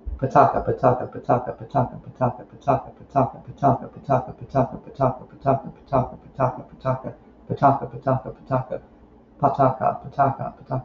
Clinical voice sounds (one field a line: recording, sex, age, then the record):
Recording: repeated syllables /pa ta ka/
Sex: male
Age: 20 to 29 years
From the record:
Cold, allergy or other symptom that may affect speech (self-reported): no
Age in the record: 29 years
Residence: Virginia, United States